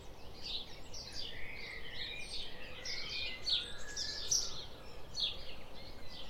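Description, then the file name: House sparrow chirping in a busy, overlapping series of short notes against a steady noisy background. "Passer domesticus"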